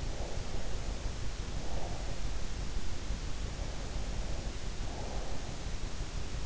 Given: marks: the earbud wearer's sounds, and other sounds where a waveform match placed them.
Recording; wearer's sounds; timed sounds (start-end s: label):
sounds in sleep by an in-ear microphone; breath
0.00-2.45 s: breath
3.55-5.75 s: breath